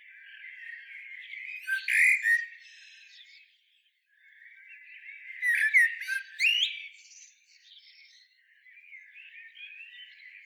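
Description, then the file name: Common blackbird delivering three separate song phrases, the first two each a low mellow warble ending in high, rapid squeaky twitters, with short pauses between them. "Turdus merula"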